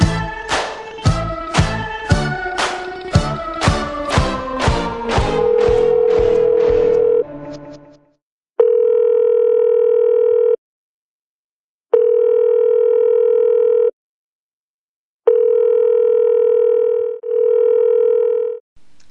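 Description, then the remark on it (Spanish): A quick run of dialing beeps gives way to an outgoing call's ringing tone: three long, steady electronic buzzes, each about two seconds, separated by short silences, with no voices. “A ver si está alguien al otro lado del teléfono.”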